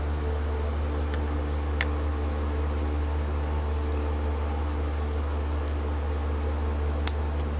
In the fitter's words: You can hear it snap in when it's secure.